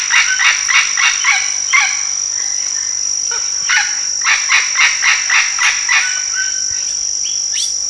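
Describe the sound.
Bird calls: bursts of harsh, nasal, stacked notes in quick series, pausing between runs, over a steady high-pitched whine throughout.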